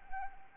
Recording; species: mosquito wingbeat signal from an infrared sensor; Anopheles arabiensis